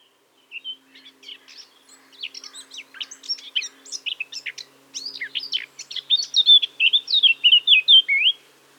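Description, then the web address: Eurasian blackcap song, starting as a soft chattering subsong and swelling into loud, rich whistled phrases over the last few seconds. "SETE data Sylvia atricapilla"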